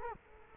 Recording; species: mosquito wingbeat signal from an infrared sensor; Culex quinquefasciatus